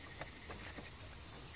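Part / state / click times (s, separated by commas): engine fuse box onto its mounting base / not seated / none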